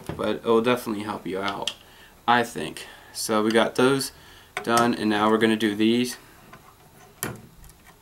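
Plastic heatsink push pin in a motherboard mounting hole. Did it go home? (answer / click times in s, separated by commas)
released / 7.2 s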